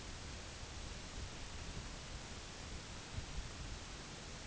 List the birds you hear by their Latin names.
none